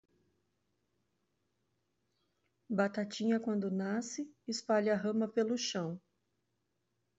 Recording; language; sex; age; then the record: short text; Brazilian Portuguese; female; 50 to 59 years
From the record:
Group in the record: control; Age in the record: 50 years